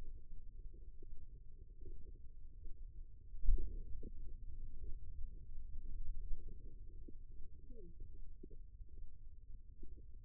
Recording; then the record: forearm muscle sounds (acoustic myography)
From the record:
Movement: finger pinch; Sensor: system 2, bracelet of six BSWA MPA416 microphones around the upper forearm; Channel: 3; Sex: female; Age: 25 years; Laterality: right